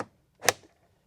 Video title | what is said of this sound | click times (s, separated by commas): Milwaukee 2533-20 M12 Hedge Trimmer Mounts | You'll hear it snap into place. | 0.5 s